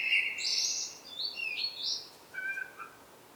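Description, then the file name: Common blackbird singing mellow fluted whistles that slide and dip, a rich opening phrase followed by softer, quieter notes trailing off. "Turdus merula"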